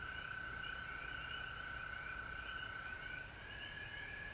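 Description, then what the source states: Frogs calling together in a steady chorus, one bright sustained tone with a shimmering higher band above it, continuous from start to finish. Recorded at home in Georgia on March 19, 2020.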